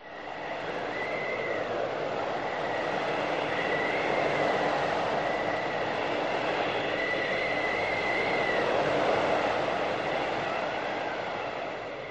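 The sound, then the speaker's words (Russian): A loud, steady rush of howling wind bursting into an aircraft as a button on the wall is pressed, with a thin whistling tone that wavers and swoops up and down on top of the roar. “Его слова потонули в свистящем вое ветра, который ворвался внутрь, когда Кайл нажал крупную кнопку на стене.”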